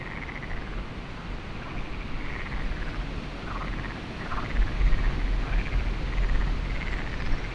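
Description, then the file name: Frogs calling in a chorus, short notes repeated irregularly, over steady low wind rumble. Lagoa do Canário, windy conditions, binaural recording. "Lagoado Canario frogs wind web binaural"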